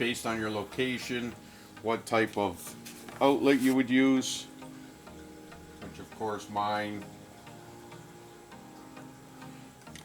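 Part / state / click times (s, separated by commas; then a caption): interchangeable outlet plug insert into power supply / seated / 10.0 s. A region-specific plastic outlet plug insert is fitted onto the power supply brick of a reef tank doser while someone talks. A short, sharp click at 10.0 seconds marks the insert snapping into place and seating in the power supply.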